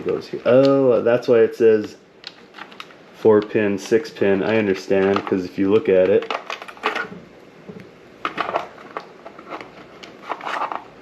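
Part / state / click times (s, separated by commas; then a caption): wiring harness plug into radio harness connector / not seated / none. A multi-pin four-pin/six-pin wiring harness plug is pushed into its mating plastic radio harness connector during an AINAVI A10 Plug-N-Play 10" touchscreen radio install in a 9th Gen Impala, while someone talks. Brief plastic clacks and rattles sound around 2.3–2.8 s, 6.9 s, 8.3–8.6 s and 10.8 s. The plug does not latch because it is being held upside down, and nothing has clicked in yet.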